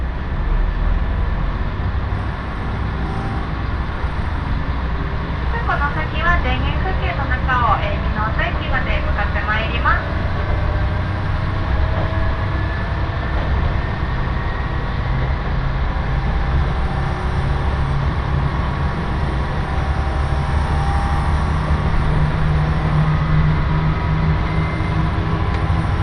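Inside a Nagara River Railway train, the Nagara No. 2 running from Mino-shi to Mino-Ota, a steady low engine rumble and rolling noise fill the whole clip at an even level. Around six to ten seconds a voice speaks briefly over the drone.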